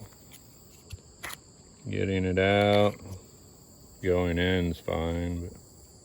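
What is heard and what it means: A multitool is handled at a custom kydex sheath, ready to be pushed in and snapped into its retention. A couple of faint taps near 0.9 and 1.3 seconds come over a steady high insect-like drone while someone talks. The clip ends before the tool goes home, so nothing has seated or clicked yet.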